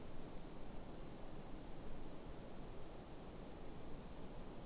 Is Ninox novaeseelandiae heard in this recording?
no